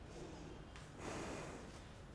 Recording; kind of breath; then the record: one breath in and out by a microphone near the nose and mouth; normal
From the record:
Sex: female